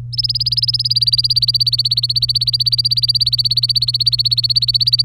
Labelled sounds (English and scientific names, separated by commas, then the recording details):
Domestic Canary (Serinus canaria) song
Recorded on 24 April 2018 at 11:16
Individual llb3